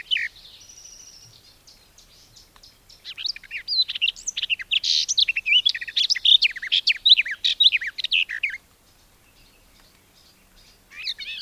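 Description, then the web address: Garden warbler song: after a quiet start, a fast, rich warbling stream of tumbling notes lasts about five seconds, then stops, with a brief new burst at the very end. "Madardalok Kerti poszáta"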